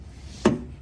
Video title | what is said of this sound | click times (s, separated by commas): How to Install CarSeat without base Fast and EASY! Chicco Keyfit 30 | Heard that click? | 0.5 s